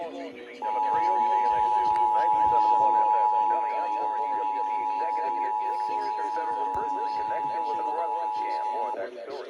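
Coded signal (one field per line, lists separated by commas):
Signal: Emergency Alert System (SAME) tones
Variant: 853 and 960 Hz attention tone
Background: speech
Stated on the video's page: Required Monthly Tests relayed by Los Angeles stations at 4am, including an AM radio station.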